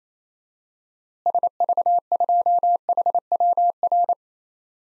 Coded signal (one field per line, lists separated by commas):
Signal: Morse code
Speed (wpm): 28 wpm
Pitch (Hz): 700 Hz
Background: none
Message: SV2HWR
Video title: DXCC-100 Call Signs - 6 Character Repeated 2x - 28wpm